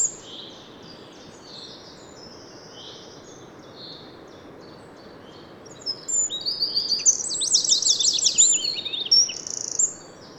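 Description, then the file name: Eurasian wren song: near quiet for about six seconds, then a sudden burst of shrill, fast trills and rattles lasting around four seconds before stopping. "Troglodytes troglodytes"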